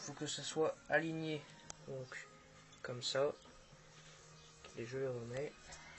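Someone talks while refitting the metal clutch assembly of a 103 SP MVL moped onto the scooter's variator shaft after aligning it, with faint handling sounds and a brief sharp noise near 4.7 s. Nothing has seated or clicked yet; the clip ends just before the assembly is pushed fully home.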